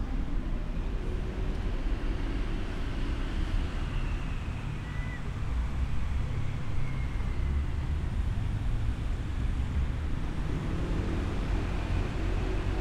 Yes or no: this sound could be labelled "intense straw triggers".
no